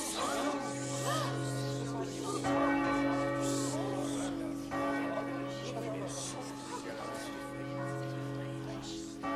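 A church bell rings steadily, its deep, sustained tones overlapping and humming on without pause, with fresh strikes swelling the sound every couple of seconds.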